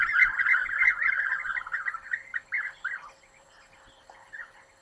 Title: Abejaruco Europeo